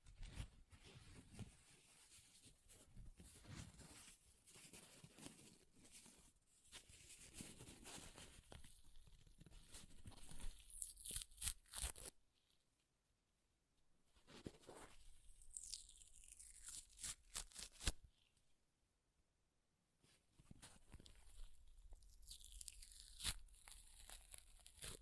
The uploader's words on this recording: ASMR Paper Ripping Tearing Sounds (No Talking).